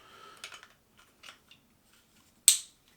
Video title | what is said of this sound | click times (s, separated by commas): COVID Cut - Daily Dagley (S01E25) | And you heard that snap. So everything's good. | 2.5 s